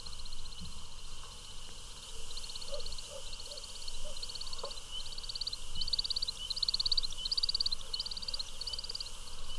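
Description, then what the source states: American woodcock giving repeated bursts of high chirping twitters over a constant high peeper chorus. Eastern United States and Canada; at dusk in April and May amid spring peepers; wing whistling and twittering as the bird takes off and circles overhead in courtship flight.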